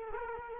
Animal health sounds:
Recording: mosquito wingbeat signal from an infrared sensor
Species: Culex quinquefasciatus

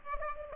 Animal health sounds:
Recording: mosquito wingbeat signal from an infrared sensor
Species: Aedes aegypti

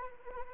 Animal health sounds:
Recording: mosquito wingbeat signal from an infrared sensor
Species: Anopheles arabiensis

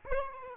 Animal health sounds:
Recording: mosquito wingbeat signal from an infrared sensor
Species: Aedes albopictus

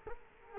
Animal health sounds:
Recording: mosquito wingbeat signal from an infrared sensor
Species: Culex quinquefasciatus

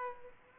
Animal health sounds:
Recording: mosquito wingbeat signal from an infrared sensor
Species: Aedes aegypti

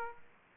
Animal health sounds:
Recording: mosquito wingbeat signal from an infrared sensor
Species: Aedes aegypti

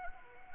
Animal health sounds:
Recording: mosquito wingbeat signal from an infrared sensor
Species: Anopheles gambiae

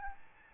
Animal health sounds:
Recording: mosquito wingbeat signal from an infrared sensor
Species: Aedes albopictus

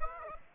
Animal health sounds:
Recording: mosquito wingbeat signal from an infrared sensor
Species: Aedes aegypti

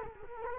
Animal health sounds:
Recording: mosquito wingbeat signal from an infrared sensor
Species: Culex quinquefasciatus

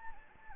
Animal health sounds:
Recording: mosquito wingbeat signal from an infrared sensor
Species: Anopheles gambiae

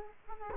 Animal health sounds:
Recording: mosquito wingbeat signal from an infrared sensor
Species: Culex quinquefasciatus

